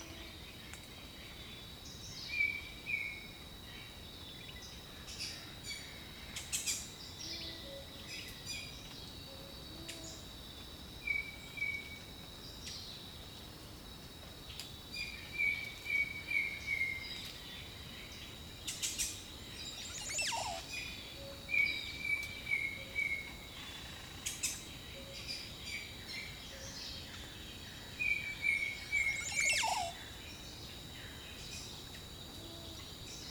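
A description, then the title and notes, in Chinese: Jungle birdsong: short, bright chirping phrases recur every few seconds, clustering around 2–3, 11, 15–17, 22–23 and 28–29 seconds. A steady high insect hum runs throughout over a low rumbling bed, with occasional sharp clicks and snaps. 大自然的声音-丛林鸟鸣。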